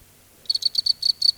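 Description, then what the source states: Cricket song, a quick series of high pulsed chirps starting after a short silence, several a second. Crickets at night in a field.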